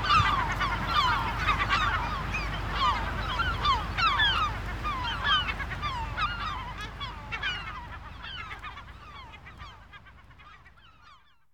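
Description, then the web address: Gulls screaming in a dense, overlapping chorus of harsh, downslurred cries, many birds calling at once, the noise thinning and fading away toward the end. Screaming gulls in the dunes. "KMP Film Video Sound Effects - Krijsende Meeuwen In De Duinen"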